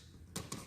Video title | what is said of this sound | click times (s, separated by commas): How to wire a room electrical complete (Part 1) | wire until you hear the click and as you can see if you can see | 0.4 s